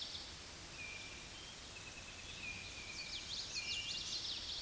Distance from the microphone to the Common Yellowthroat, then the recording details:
about 55 m. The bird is about 15 m above the microphone. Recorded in a Pennsylvania forest on 16 May 2024 at 06:37. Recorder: AudioMoth, point MSD-1307. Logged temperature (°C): 16.6 °C. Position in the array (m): 239 m, 175 m